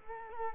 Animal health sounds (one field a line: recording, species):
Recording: mosquito wingbeat signal from an infrared sensor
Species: Culex quinquefasciatus